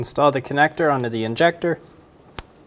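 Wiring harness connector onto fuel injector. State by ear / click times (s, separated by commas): seated / 2.4 s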